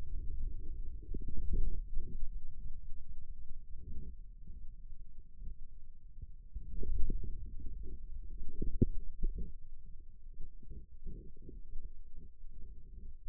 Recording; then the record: forearm muscle sounds (acoustic myography)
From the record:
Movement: inward rotation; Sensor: system 2, bracelet of six BSWA MPA416 microphones around the upper forearm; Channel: 1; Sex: male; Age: 22 years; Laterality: right